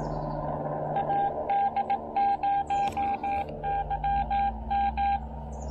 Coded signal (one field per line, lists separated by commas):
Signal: Morse code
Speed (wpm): 18 wpm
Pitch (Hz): 800 Hz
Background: none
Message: AD0YM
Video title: First CW POTA activation with my new Xiegu X6100 at Lake Norman State Park!